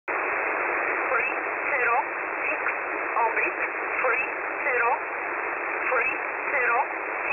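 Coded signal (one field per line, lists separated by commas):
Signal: numbers station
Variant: E11a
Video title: E11a Message 02/05/2023 1000 UTC 12153kHz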